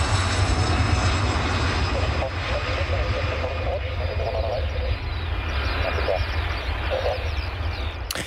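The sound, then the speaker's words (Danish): A Kemper Sterling airplane, flight Q1-784, taking off as the airline's last flight, its engines a loud, steady roar with a deep rumble that holds for the full eight seconds. Faint voices murmur beneath the noise. “Og Q1-784 blev det sidste fly fra Kemper Sterling, der fik luft under vingerne.”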